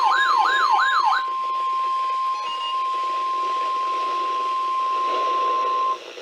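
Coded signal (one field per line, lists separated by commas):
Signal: Emergency Alert System (SAME) tones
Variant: 1050 Hz attention tone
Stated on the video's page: Tornado Watch expansion received from NOAA Weather Radio station WXL39, State College forecast office.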